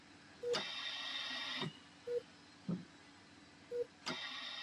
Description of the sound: This is the sound of a ventilator. And for Dr. Rafael Campo, it's been the soundtrack of the pandemic.